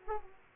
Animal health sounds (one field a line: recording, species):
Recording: mosquito wingbeat signal from an infrared sensor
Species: Aedes aegypti